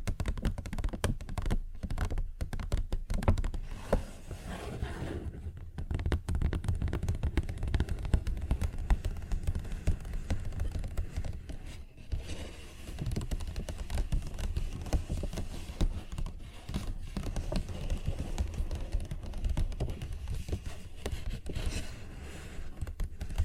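Fingers tap and scratch on a paper bag in quick, uneven bursts of dull thuds and crisp rustles. The taps cluster densely through most of the 23 seconds, with brief lulls near 6 and 12 seconds. A steady low rumble runs underneath.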